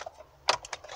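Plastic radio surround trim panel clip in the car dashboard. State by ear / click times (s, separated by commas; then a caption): released / 0.5 s. A plastic radio surround trim panel in the dashboard of a 2008-onward Fiesta is pulled by hand from under its edge until its retaining clips let go; there is one clip at each corner. A sharp click at 0.5 s is followed by fainter clicks around 0.7 s. The panel pops out, released.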